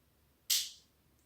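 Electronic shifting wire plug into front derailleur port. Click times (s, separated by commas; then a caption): 0.5 s. An electronic shifting wire plug is pushed into the front derailleur port of a 12-speed Shimano Ultegra Di2 groupset on a Fuji SL road bike, using the small plug tool that comes with the derailleur. A single sharp, bright click sounds at 0.5 s over near silence and fades quickly. The plug seats in the port, and the system's lights come on with a small electronic movement.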